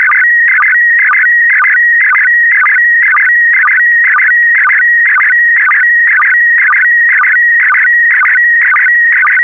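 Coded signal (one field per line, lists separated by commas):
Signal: SSTV (slow-scan television)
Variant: PD120 mode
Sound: rhythmic warbling tone, twice a second, with short low sync blips and steady stretches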